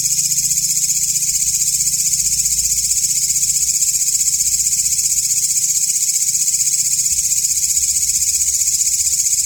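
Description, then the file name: Grasshopper call: continuous high rasping buzz with an even pulse near four per second, unbroken for the whole stretch, over a faint low drone. Walang ngapak calls separated by 30-second pauses. "audio-walang-ngapak-versi-terbaru 3-jeda-30-detik"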